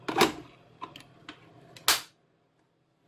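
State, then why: Seated. The plastic juice nozzle (spout) of an AICOK slow masticating juicer is pushed into the juicer bowl and turned, with a few light plastic knocks and handling sounds at about 0.1, 0.8 and 1.3 seconds. A sharp, loud click at 1.9 s shows the nozzle seating securely in place, followed by near silence.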